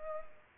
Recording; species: mosquito wingbeat signal from an infrared sensor; Culex pipiens